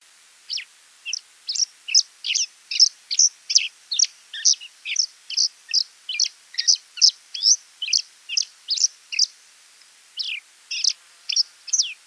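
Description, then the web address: Scaly-feathered weaver chirping steadily, brisk high tweets tumbling out in a long unbroken series with a brief gap near ten seconds. "Scaly feathered weaver. دانلود-صدای-پرنده-جولای-پر-پولکی"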